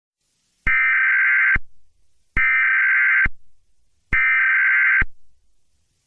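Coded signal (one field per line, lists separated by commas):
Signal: Emergency Alert System (SAME) tones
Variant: header bursts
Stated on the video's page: Fictional EAS scenario, horror-themed, based on The Monument Mythos.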